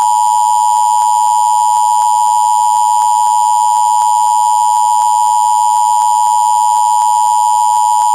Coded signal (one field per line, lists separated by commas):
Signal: Emergency Alert System (SAME) tones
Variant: 853 and 960 Hz attention tone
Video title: EAS Severe Thunderstorm Warning: SE Colorado